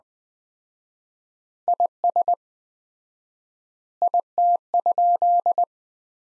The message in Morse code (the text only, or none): IS IT?